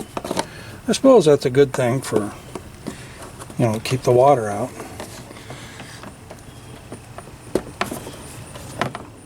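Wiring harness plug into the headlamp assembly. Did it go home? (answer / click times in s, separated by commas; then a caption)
no / none. A new, tight plastic wiring harness plug, made tight to keep water out, is pushed onto the headlamp assembly during a headlight replacement on a 2006 Buick Lacrosse, with sharp handling clicks and rustles while someone talks. The plug has not seated or clicked into place yet.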